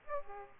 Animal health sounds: mosquito wingbeat signal from an infrared sensor; Aedes aegypti

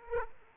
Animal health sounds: mosquito wingbeat signal from an infrared sensor; Aedes aegypti

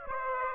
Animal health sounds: mosquito wingbeat signal from an infrared sensor; Aedes aegypti

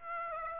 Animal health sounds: mosquito wingbeat signal from an infrared sensor; Aedes aegypti

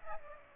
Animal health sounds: mosquito wingbeat signal from an infrared sensor; Aedes aegypti

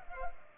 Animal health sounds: mosquito wingbeat signal from an infrared sensor; Culex pipiens

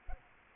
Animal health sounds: mosquito wingbeat signal from an infrared sensor; Aedes aegypti

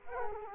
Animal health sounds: mosquito wingbeat signal from an infrared sensor; Culex quinquefasciatus

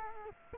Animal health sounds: mosquito wingbeat signal from an infrared sensor; Culex quinquefasciatus

